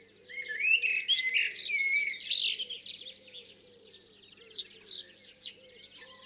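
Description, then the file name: Common blackbird warbling a mellow fluted phrase topped with shrill squeaky notes, followed by scattered softer notes. "Turdus merula"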